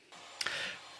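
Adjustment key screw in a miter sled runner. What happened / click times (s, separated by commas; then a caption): The small screw spins freely and never tightens / 0.4 s, 0.5 s. One of four small metal adjustment keys (set screws) on a miter sled runner is turned. Its thread is stripped, so it spins freely and never tightens. Light ticks sound at 0.4 s and 0.5 s over a steady low hiss.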